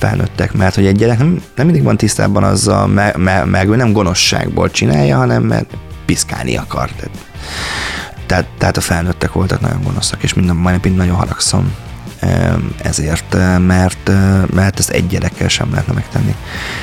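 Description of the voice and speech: Low-pitched adult male Hungarian speech with repeated words, a part-word repetition and glottal catches: mild stuttering, present since childhood.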